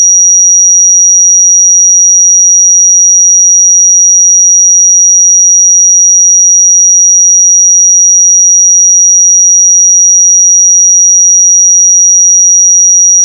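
A pure sine tone at 5758 Hz holds perfectly steady for the full thirteen seconds, a thin, piercing high whistle with no wavering in pitch or loudness. Nothing else sounds behind it; the tone simply cuts off at the very end.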